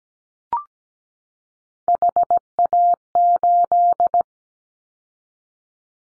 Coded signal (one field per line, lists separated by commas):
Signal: Morse code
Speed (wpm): 17 wpm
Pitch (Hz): 700 Hz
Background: none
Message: HA8